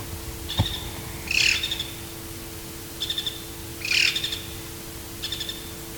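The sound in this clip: Black-throated magpie-jay uttering two harsh squawks alternating with short, dry, rapid clicking rattles, over a constant low hum.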